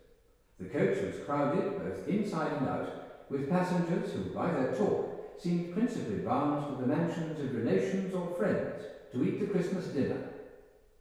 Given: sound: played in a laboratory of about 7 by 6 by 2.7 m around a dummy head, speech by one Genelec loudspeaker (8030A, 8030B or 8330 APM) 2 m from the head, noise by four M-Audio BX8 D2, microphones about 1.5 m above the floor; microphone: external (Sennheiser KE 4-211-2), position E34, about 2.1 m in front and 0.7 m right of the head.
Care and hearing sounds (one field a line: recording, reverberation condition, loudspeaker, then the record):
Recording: male speech in English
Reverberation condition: high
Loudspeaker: 60 degrees to the right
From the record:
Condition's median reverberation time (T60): about 1300 ms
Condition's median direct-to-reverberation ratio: about -4.0 dB